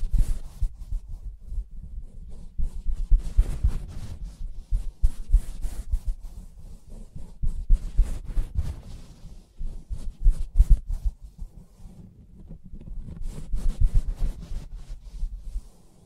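Fingers tap and scratch on a soft fabric surface, giving dull, muffled thumps with brushing, crackly scrapes on top. The touches come in irregular bursts, busiest around the middle and near the end, with brief quieter gaps between them.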